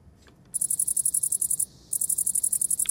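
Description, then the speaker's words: Great green bush-cricket song: very high, pulsed buzzing in even, rapid ticks, two long bursts separated by a short pause, quiet background. Song at 17 degrees; the song reveals the outside temperature. "Und anhand des Geräuschs des grünen Heupferd kann man nämlich sagen, wie warm das es draussen ist."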